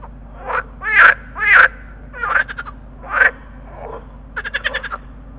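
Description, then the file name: Water frog chorus: loud quacking croaks that swell and fall, overlapping callers, then a quick pulsed rattle at the end, low hum beneath. Chorus call of green frogs (groene kikker). "groenekikker roepkoor"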